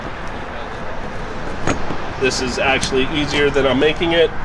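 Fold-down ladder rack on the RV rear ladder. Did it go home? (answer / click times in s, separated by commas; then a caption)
no / none. Someone lifts the fold-down rack section of an RV's rear ladder back up by hand while someone talks, with a brief sharp knock at about 1.7 s. The rack is still being handled and nothing has seated or clicked into place yet.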